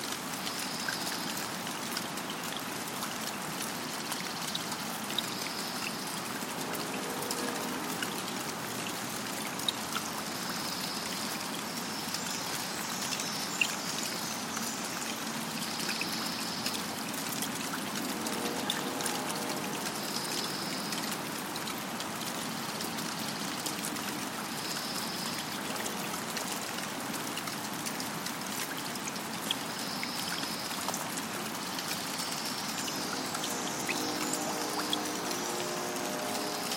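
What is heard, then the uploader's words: At the forest pond, a steady dense wash of trickling water runs throughout, with high chirping bursts recurring every few seconds and occasional lower pulsing calls. Forest Park Ephemeral Pond. This recording was made in Portland Oregon’s Forest Park.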